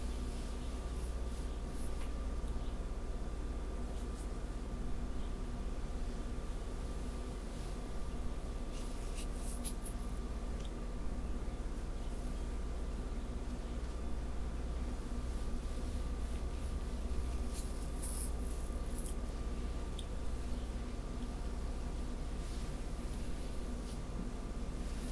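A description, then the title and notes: Soft scratching and fabric rubbing, like nails tracing across a clothed back, continue at a steady, quiet level. Brighter scratchy bursts stand out around ten and eighteen seconds. Underneath sits a constant low hum with a faint steady tone. ASMR back scratch, hair play & neck tingles on Emily no whisper (fabric sounds & back tracing).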